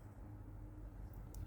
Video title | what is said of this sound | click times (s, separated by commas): ft brakes on 06 Nissan xterra | okay I'm going to slide this up on till it clicks up over there | 1.4 s